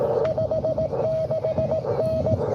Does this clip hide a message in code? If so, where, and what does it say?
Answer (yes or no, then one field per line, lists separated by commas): yes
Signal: Morse code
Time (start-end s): 0.2-2.3 s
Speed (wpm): 16 wpm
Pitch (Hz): 630 Hz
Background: radio noise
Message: 56N